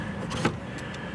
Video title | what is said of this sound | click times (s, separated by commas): Installation Video for the 2023-2025 BMW i7 Luxury | and push it till it locks into place there you go that's all there is to it and you're done | 0.5 s